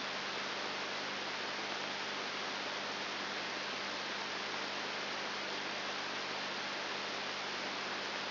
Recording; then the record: brain microelectrode recording played as sound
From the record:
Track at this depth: outside the subthalamic nucleus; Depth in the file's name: 5.7 mm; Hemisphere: left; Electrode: 3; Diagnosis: Parkinson's disease